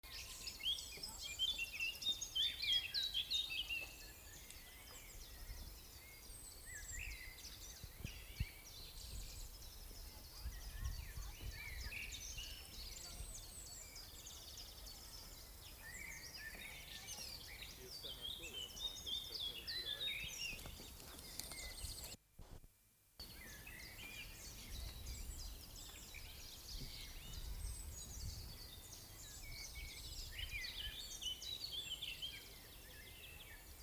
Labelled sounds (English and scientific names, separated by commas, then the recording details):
Eurasian Blackcap (Sylvia atricapilla) song
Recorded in the wild
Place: Lübars (Fließtal), Berlin, DE
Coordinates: 52.6167, 13.35
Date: 2005-05-01 13:30
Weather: sunny, 22°C
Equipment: Sony WM-D6C, Sony ECM-MS 907, Kopie Uher 4000 Report Monitor
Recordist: Tembrock, Günter